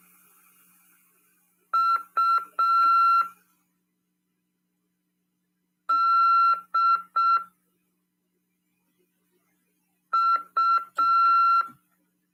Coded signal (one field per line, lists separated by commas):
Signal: Morse code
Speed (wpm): 6 wpm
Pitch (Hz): 1360 Hz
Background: none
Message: UDU